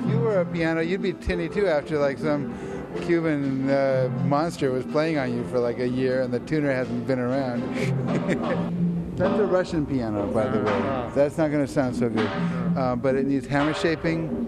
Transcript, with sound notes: If you were a piano, you’d be tinny too after like, some Cuban monster was playing on you for like a year, and the tuner hasn’t been around. [laughs] That’s a Russian piano by the way. That’s not gonna sound so good. But it needs hammer shaping.